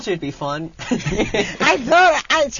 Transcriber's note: they laugh